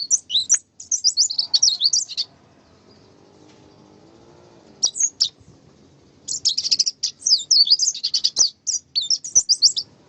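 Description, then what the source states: White-eye song: dense, rapid, high twittering in long runs, broken by a quiet stretch with only a brief burst in the middle, over a soft low background hum. Masteran (tutor recording) of a pleci, played so the bird quickly opens its beak and starts singing.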